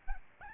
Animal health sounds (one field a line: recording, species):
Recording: mosquito wingbeat signal from an infrared sensor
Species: Aedes albopictus